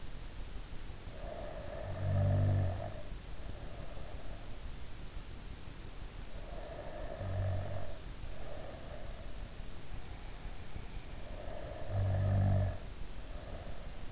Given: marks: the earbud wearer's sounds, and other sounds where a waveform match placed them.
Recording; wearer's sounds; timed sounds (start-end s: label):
sounds in sleep by an in-ear microphone; snoring breath
1.10-4.59 s: snoring breath
6.30-9.44 s: snoring breath
11.22-14.07 s: snoring breath